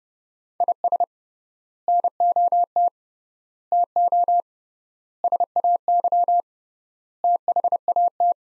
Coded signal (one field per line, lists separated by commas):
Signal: Morse code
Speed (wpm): 32 wpm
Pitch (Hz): 700 Hz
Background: none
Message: IS NOT TO SAY THAT